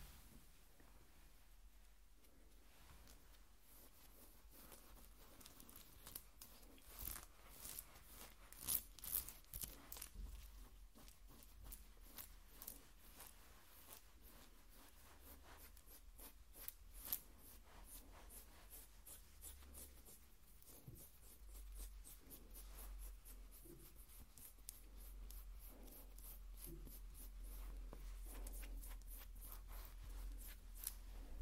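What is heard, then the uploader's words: Skin scratching in quick, crisp strokes, each a short hissing rasp. The scratches come in irregular bursts early on and grow denser and more rapid after about twenty seconds. A steady low hum sits underneath throughout. ASMR Skin Scratching 1 Hour (No Talking).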